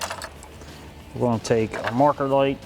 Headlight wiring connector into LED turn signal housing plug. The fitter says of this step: On va installer ça. Vous allez entendre un clip.